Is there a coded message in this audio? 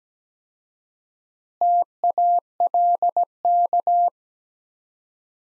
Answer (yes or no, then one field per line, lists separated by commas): yes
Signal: Morse code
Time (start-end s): 1.6-4.1 s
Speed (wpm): 17 wpm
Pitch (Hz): 700 Hz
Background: none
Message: TALK